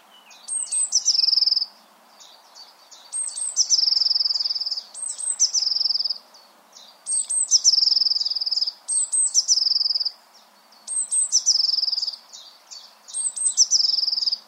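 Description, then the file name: Eurasian blue tit song: high thin opening notes, then a fast, bright trill, repeated several times. "Cyanistes caeruleus"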